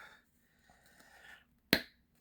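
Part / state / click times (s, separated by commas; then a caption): plastic model part into the model assembly / seated / 1.7 s. A plastic bridge module from a scale model kit is pressed into its mating socket on the model assembly. Faint handling and rustling sounds come first, then the part snaps home with one sharp, bright click at 1.7 s. The part is seated.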